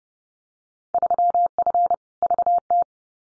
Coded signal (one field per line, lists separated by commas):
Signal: Morse code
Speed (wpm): 30 wpm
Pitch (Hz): 700 Hz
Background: none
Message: 3F VT